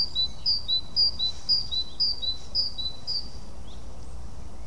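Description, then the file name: Great tit singing a steady, rhythmic series of paired high notes, one higher and one lower, repeated evenly for about three seconds over faint hiss. "Parus major"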